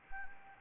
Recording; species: mosquito wingbeat signal from an infrared sensor; Anopheles gambiae